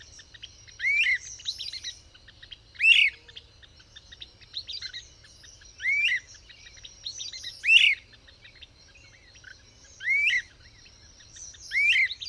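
Bird song: short bright phrases of sweeping, slurred notes, repeated at short intervals, over a steady high hum and faint low rumble.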